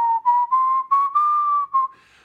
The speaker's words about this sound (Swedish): Jag ska bara googla det. Ta en liten stund. Jag visslar så länge.